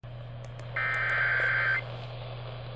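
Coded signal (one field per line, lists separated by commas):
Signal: Emergency Alert System (SAME) tones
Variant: header bursts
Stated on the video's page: Severe Thunderstorm Warning alert on an AM radio station at 1130 kHz.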